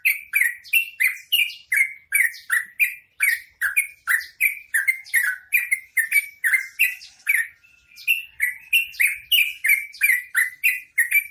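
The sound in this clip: Bird repeating rough, descending chirp notes at a fast even pace, roughly three per second, with one brief break.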